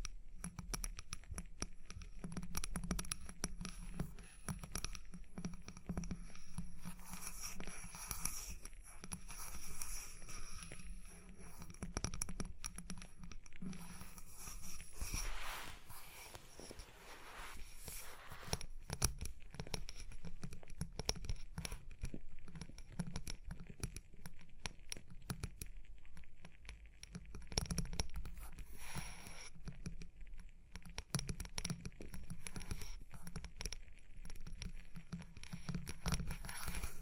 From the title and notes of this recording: Tapping and Scratching (No Talking).